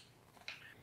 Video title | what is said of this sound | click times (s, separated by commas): Peak Design Travel Tripod Instructional | get a satisfying little click | 0.5 s